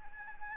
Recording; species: mosquito wingbeat signal from an infrared sensor; Anopheles arabiensis